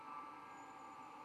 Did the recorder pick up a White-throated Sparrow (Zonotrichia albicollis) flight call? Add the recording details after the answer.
no. No flight call is heard. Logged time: 23:33 on 22 November 2014